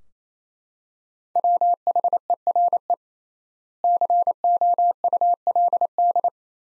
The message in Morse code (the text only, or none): WHERE COULD